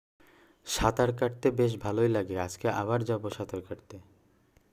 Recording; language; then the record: elicited speech; Bengali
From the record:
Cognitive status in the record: cognitively healthy